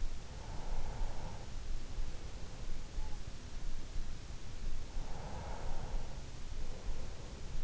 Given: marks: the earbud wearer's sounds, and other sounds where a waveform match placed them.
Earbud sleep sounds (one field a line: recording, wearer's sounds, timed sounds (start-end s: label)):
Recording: sounds in sleep by an in-ear microphone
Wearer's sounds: breath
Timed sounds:
0.22-2.28 s: breath
4.74-7.64 s: breath